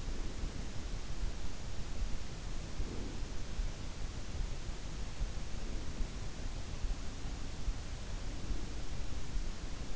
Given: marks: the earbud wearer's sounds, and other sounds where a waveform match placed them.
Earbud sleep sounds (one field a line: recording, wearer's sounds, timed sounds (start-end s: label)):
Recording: sounds in sleep by an in-ear microphone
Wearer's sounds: breath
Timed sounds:
0.00-0.66 s: breath
2.64-3.26 s: breath